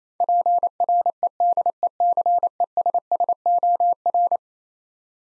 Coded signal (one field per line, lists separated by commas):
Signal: Morse code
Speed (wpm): 27 wpm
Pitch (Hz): 700 Hz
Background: none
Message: PREDECESSOR